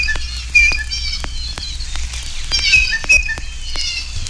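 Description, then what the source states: Blue Jay: short whistled notes and squeaks mixed with sharp dry clicks throughout. Blue Jay notes vary from raucous screams to soft conversational chatter.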